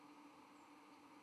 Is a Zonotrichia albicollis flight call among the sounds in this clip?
yes